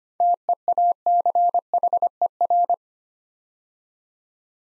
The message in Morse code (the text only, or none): TEACHER